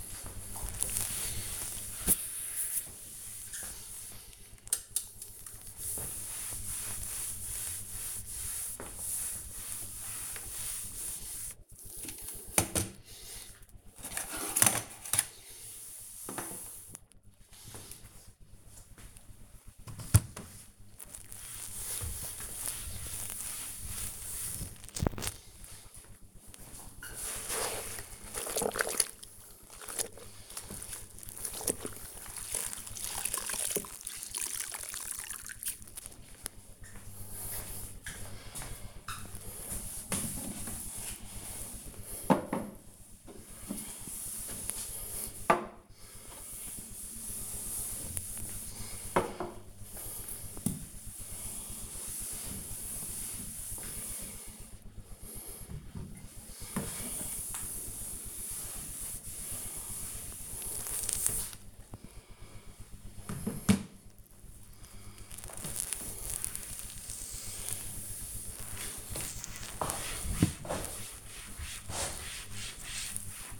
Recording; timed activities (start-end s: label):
household activities, microphone on the right wrist
0.00-28.77 s: cleaning the cupboard
39.83-73.60 s: cleaning the cupboard